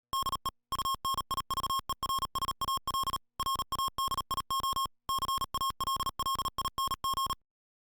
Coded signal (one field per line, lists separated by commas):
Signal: Morse code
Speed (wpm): 37 wpm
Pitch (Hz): 1080 Hz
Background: music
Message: DE UNIVERSAL RADIO CALLING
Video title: Universal Radio presents the Icom IC-7700 Transceiver